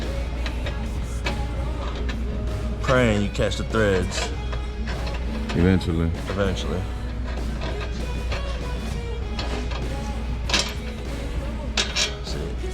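A spark plug is being threaded into an engine cylinder head during a flame kit install, and the threads fail to catch, so nothing has seated or clicked yet. Short handling knocks are heard over background music while someone talks.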